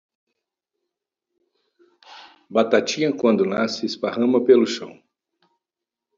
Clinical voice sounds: short text; Brazilian Portuguese; male; 60 to 69 years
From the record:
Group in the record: control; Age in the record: 67 years

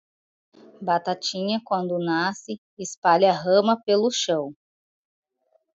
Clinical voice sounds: short text; Brazilian Portuguese; female; 30 to 39 years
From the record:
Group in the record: control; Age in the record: 33 years

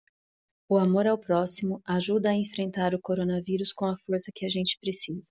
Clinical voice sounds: spoken sentence; Brazilian Portuguese; female; 40 to 49 years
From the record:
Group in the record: control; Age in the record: 45 years

